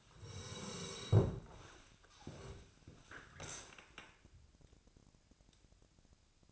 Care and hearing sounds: daily activity, microphone in the room; sit down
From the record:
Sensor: 2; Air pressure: 1000.3 hPa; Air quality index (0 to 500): 167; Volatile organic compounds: 3 ppm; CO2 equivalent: 1391 ppm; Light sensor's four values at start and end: 7/15/7/7 and 8/18/8/8

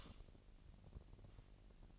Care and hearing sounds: daily activity, microphone in the room; light off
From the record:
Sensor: 4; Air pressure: 1002.7 hPa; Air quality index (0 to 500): 249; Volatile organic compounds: 16 ppm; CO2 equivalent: 2525 ppm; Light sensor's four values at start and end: 7/16/6/7 and 6/14/5/6

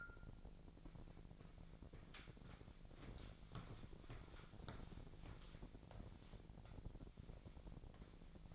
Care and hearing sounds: daily activity, microphone in the room; walk to room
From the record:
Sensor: 5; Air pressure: 1012.4 hPa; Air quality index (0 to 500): 239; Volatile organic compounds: 4 ppm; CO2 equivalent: 1589 ppm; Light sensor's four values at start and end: 54/126/52/54 and 52/119/50/52

